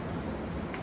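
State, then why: Seated. The side fold lock on a Nuna Pepp Luxx compact stroller frame latches as the frame is folded forward, giving a short tick at 0.7 s over a steady low background. The stroller is now locked.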